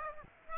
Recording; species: mosquito wingbeat signal from an infrared sensor; Aedes aegypti